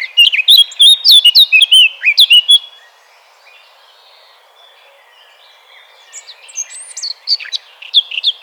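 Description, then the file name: Eurasian blackcap giving a rapid, loud, fluty warbled phrase, a quiet pause, then softer scratchy notes building into clear whistled phrases again. "Sylvia atricapilla"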